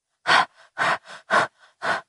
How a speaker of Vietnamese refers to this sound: Lâm Thu Thạch thở những hơi nặng nhọc, vào khoảnh khắc không thể kết nổi chân lên nữa